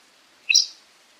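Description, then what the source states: Bird giving a single sharp, high chip-like call that jumps up in pitch, otherwise quiet. Recorded in Papua New Guinea.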